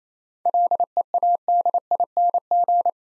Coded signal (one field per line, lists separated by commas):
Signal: Morse code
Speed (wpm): 27 wpm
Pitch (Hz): 700 Hz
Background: none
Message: LEADING